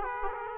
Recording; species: mosquito wingbeat signal from an infrared sensor; Aedes aegypti